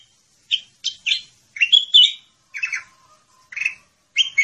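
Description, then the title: Sooty-headed bulbul calls: short bubbly, chirping phrases in quick bursts, with brief pauses between groups. "Suara Burung Kutilang"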